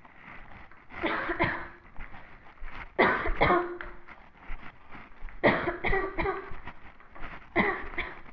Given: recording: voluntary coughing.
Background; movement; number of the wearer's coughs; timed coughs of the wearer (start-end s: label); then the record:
quiet; walking; 9
0.99-1.34 s: cough
1.34-1.64 s: cough
2.94-3.28 s: cough
3.33-3.66 s: cough
5.39-5.73 s: cough
5.83-6.11 s: cough
6.11-6.41 s: cough
7.53-7.86 s: cough
7.93-8.18 s: cough
From the record:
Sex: female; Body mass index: 18.3 kg/m2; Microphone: on the chest, facing the body